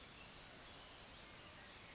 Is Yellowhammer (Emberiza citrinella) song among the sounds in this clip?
no